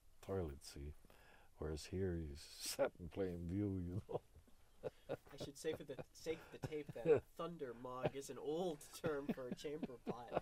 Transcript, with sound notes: toilets, see? Whereas here you sat in plain view, you know. (he laughs heartily)
I should say for the sake of the tape that "thunder mug" is an old term for a chamber pot.